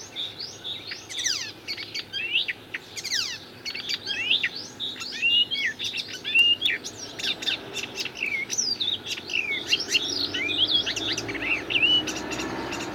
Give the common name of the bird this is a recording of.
Icterine Warbler